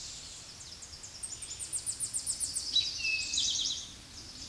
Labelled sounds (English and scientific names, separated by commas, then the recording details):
Eastern Towhee (Pipilo erythrophthalmus) song
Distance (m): 20 m
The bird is about 15 m above the microphone
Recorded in a Pennsylvania forest on 16 May 2024 at 07:05
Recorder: AudioMoth, point MSD-0788
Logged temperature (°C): 16.6 °C
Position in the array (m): 87 m, 22 m